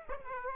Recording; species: mosquito wingbeat signal from an infrared sensor; Aedes aegypti